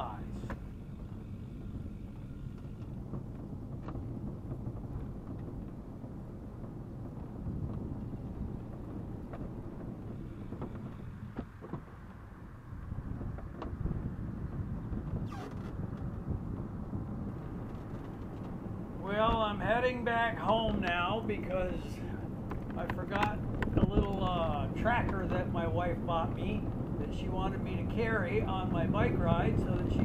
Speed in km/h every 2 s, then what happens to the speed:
11, 11, 12, 13, 14, 5, 10, 13, 15, 17, 18, 19, 21, 22, 23.
0-8 steady at about 12. 8-11 slows to 5. 11-18 speeds up to 17. 18-30 steady at about 19.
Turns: 0-9, 13-18.